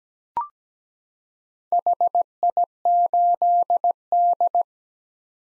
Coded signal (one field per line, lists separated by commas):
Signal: Morse code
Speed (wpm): 17 wpm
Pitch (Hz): 700 Hz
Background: none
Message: HI8D